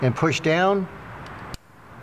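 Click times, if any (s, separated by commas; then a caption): 1.5 s. Someone talks as a wiring harness connector is gripped on both sides and pushed down onto the camshaft position sensor of a Mitsubishi Galant, being replaced for code P0340. A short, sharp click is heard at 1.5 s, and the connector is seated in place.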